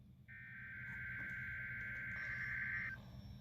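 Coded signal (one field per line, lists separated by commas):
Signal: Emergency Alert System (SAME) tones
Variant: header bursts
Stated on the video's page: EAS tones received on an Oregon Scientific WRS-101 weather radio during a severe weather event.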